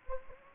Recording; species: mosquito wingbeat signal from an infrared sensor; Anopheles gambiae